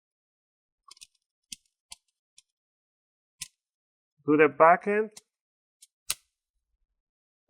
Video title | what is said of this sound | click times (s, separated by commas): Asus Vivobook Flip 14 Tp410u 🚩RAM UPGRADE | gently, and you want to hear a few clicks. That's what you want to hear. | 0.9 s, 1.0 s, 1.5 s, 1.9 s, 2.4 s, 3.4 s